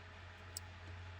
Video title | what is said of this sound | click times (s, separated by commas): Sierra/Silverado/International CV OEM Power Inverter Install | I'm just pushing it until you hear it click. | 0.6 s